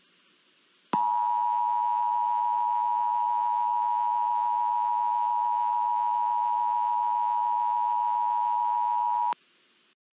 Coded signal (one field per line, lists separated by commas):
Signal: Emergency Alert System (SAME) tones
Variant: 853 and 960 Hz attention tone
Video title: EAS Scenario #5: Hypernado (Halloween Special!)